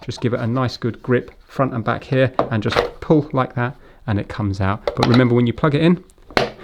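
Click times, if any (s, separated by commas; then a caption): 6.4 s. Someone talks while a water filter cartridge is gripped front and back and pulled out of a Brita Aluna water filter jug, then plugged back into the jug's plastic reservoir. Near the end come two faint ticks, then a sharp, loud click at 6.4 s as the cartridge seats in the jug.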